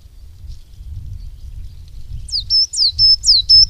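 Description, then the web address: Coal tit song: a brisk, high, repeated two-note phrase, sweeping down then level, given four or five times near the end over low rumbling background noise. "Madardalok Fenyves cinege"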